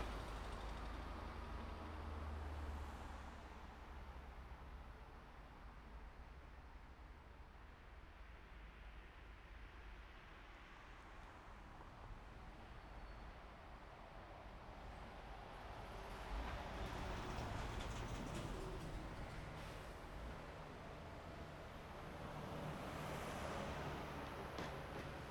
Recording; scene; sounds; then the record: everyday scene through a hearing-aid microphone; in traffic; traffic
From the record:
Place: main road on the outskirts, rush hour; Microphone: behind the ear, right, rear